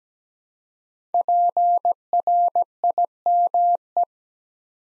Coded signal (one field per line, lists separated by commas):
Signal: Morse code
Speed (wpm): 17 wpm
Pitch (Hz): 700 Hz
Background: none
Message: PRIME